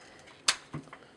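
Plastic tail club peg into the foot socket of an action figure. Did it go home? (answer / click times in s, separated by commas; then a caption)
yes / 0.5 s. The plastic tail club piece of a Fansproject Retro Future Tusker transforming action figure has its peg pushed into the foot socket. It gives a sharp, bright plastic click at 0.5 s as it locks into place. Softer handling knocks follow around 0.7 s and 0.9 s.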